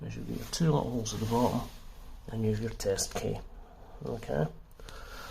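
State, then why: Seated. A plastic test key is pushed into the two small holes at the bottom of a manual fire alarm break-glass call point while someone talks. The key clicks into place at about 4.9 s, seating in the call point.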